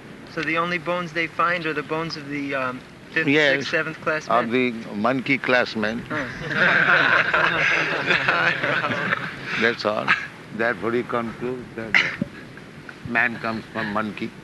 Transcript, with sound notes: So the only bones they find are the bones of the fifth-, sixth-, seventh-class men.
Yes, of the monkey-class men. [laughter] That's all. Therefore you conclude that the man comes from monkey.